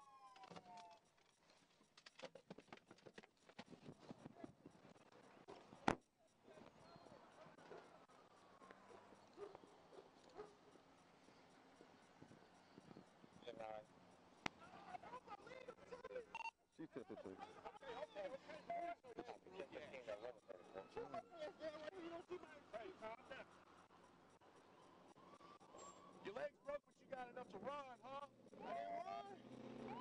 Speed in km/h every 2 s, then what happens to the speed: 0, 0, 0, 0, 0, 0, 0, 0, 0, 0, 0, 0, 0, 0, 0.
0-30 standing.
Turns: none.